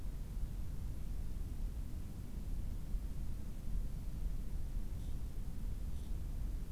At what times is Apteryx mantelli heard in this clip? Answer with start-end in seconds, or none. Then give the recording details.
none. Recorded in New Zealand on 18 October 2015. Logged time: 23:14. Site BR12